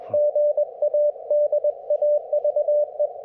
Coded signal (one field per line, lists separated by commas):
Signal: Morse code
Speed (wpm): 21 wpm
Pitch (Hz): 590 Hz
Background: none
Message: GA DAVE